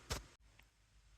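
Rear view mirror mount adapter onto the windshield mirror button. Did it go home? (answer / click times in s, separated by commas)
yes / 0.6 s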